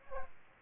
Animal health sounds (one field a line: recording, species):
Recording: mosquito wingbeat signal from an infrared sensor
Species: Aedes aegypti